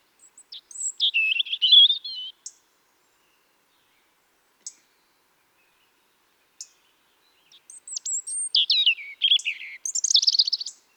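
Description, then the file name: European robin singing high, thin, sweet phrases with twittering trills, a pause with single faint ticks, then another warbling phrase. "Erithacus rubecula"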